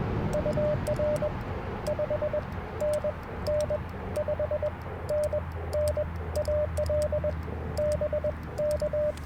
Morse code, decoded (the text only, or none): UR 5NN 5NN AL BK